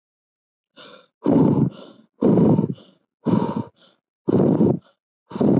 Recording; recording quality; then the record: shallow breathing; excellent, no background noise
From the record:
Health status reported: COVID-19 positive, mild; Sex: male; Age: 24 years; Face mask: not worn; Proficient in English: yes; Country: India